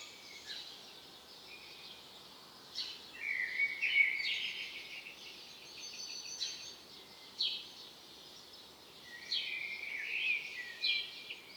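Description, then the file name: Common blackbird song of several mellow fluted phrases, each ending in thin high squeaky twitters, repeated every few seconds over a constant background hiss. "Turdus merula"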